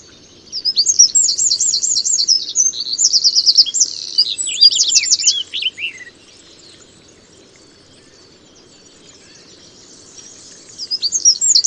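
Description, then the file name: Eurasian wren singing a vigorous high trilling phrase for about five seconds, then a long quiet gap before a new song bout begins at the end. "Troglodytes troglodytes"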